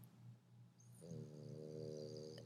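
A pet dog snores in the background at home: a low, rough rumble at first, then a steadier droning snore with a buzzy, humming quality that holds to the end. This is ordinary snoring in a sleeping dog, and it grows louder over the clip.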